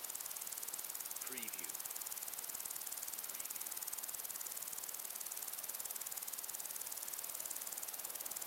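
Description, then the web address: Crickets chirping in a fast, steady pulsed trill high in pitch, with a brief rising call near the start over a soft hiss. Crickets together with other insects in long grass on a windy day. "beanstalk-audio Crickets and insects in windy long grass"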